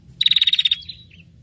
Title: Suara Prenjak Ribut Buat Pikat Burung Prenjak Kepala Merah Prenjak Tamu